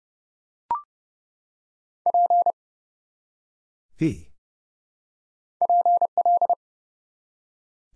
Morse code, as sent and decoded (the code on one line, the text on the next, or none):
.--. / .--. .-..
P PL